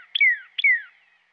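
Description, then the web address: Northern cardinal giving two clear downslurred whistles, each sliding steadily lower, about half a second apart, with no other sounds. "Dan Gibson Wildlife Identification By Sound, Western North America. Northern Cardinal"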